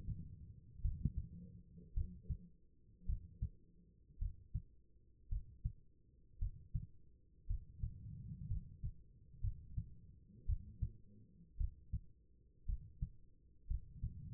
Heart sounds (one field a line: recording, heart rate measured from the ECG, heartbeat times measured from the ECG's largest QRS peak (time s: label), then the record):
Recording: heart sounds by stethoscope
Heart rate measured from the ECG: 56 bpm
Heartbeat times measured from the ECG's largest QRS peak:
0.82 s: heartbeat
1.94 s: heartbeat
3.06 s: heartbeat
4.19 s: heartbeat
5.29 s: heartbeat
6.39 s: heartbeat
7.47 s: heartbeat
8.48 s: heartbeat
9.41 s: heartbeat
10.46 s: heartbeat
11.57 s: heartbeat
12.66 s: heartbeat
13.67 s: heartbeat
From the record:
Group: healthy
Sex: female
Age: 36 years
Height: 163 cm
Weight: 88 kg